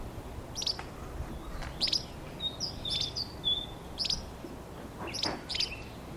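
Bird calls: high chipping notes at uneven intervals, mixed with brief steady whistles, over soft background noise.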